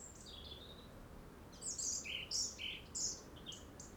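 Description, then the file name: European robin giving a rapid run of high, thin notes jumping between pitches, some sliding and warbled, several bursts in quick succession over soft hiss. "Erithacus rubecula"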